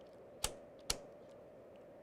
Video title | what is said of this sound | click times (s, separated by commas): HCC CyberHawks WOPR Computer Build | with the satisfying snap | 0.4 s, 0.9 s